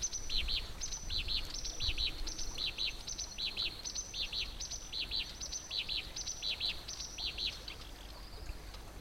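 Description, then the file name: Black-browed reed warbler song, a short high squeak and then a quick burst of chirps, repeated over and over with faint hiss behind. "warbler-black-browed-reed -Acrocephalus-bistrigiceps"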